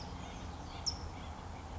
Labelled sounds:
California Towhee
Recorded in Sonoma County, California

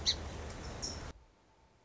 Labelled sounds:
Song Sparrow
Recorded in Sonoma County, California

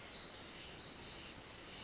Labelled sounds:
Pacific Wren
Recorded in Sonoma County, California

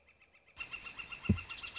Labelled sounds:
Northern Flicker
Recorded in Sonoma County, California

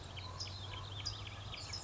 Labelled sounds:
California Towhee
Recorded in Sonoma County, California

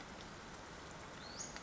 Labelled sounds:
Western Flycatcher
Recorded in Sonoma County, California

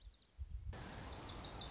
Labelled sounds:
Lazuli Bunting
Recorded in Sonoma County, California

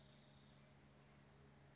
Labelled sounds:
Spotted Towhee
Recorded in Sonoma County, California

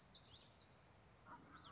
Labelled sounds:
Common Yellowthroat
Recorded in Sonoma County, California

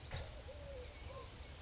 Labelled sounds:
Eurasian Collared Dove
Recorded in Sonoma County, California

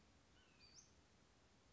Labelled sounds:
Western Flycatcher
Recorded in Sonoma County, California

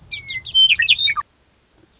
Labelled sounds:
Lazuli Bunting
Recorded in Sonoma County, California

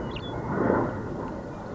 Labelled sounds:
Western Meadowlark
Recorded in Sonoma County, California

